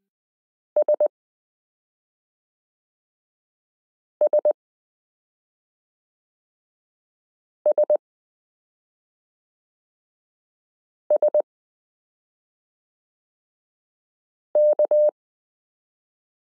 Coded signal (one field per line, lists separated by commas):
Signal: Morse code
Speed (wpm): 20 wpm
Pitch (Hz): 600 Hz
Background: none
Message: SSSSK